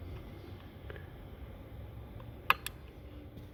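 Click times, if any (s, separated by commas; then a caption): 2.5 s. A programmer test clip is pressed by hand onto the EEPROM chip on a printer board, its red wire lined up with pin 1. After a few faint ticks, a sharp click at 2.5 s shows the clip seated on the chip, followed by a softer tick just after.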